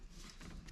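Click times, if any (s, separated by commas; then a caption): none. A plastic routing clip on the wiring/hose is being handled and pushed toward the new mount on an S&B cold air intake tube in a 2019–2024 Sierra or Silverado. Brief rustling and handling noises are heard, with a sharp tick at about 0.7 s. Nothing has seated or clicked yet.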